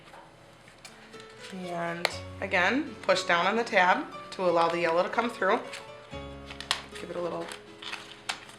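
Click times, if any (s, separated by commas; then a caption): 8.3 s. Someone talks over background music while assembling a Mystic Lights Fireball Sphere lamp kit, pushing down a plastic interlocking tab so the yellow piece can come through and then tugging it. A sharp snap at 8.3 s is the tab seating in place in the adjoining lamp panel.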